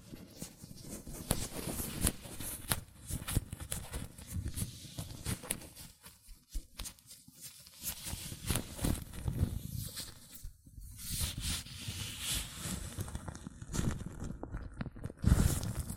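Latex gloves rub, snap and squeak against hands in dense, irregular bursts of crinkly rustling, with brief pauses and a sharp snap near the end.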